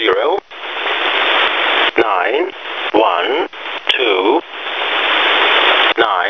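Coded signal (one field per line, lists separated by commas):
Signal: numbers station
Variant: E07a, English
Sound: harsh, noisy male voice reading short words with brief pauses, partly drowned in hiss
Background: radio static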